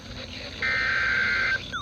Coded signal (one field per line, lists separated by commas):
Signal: Emergency Alert System (SAME) tones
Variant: header bursts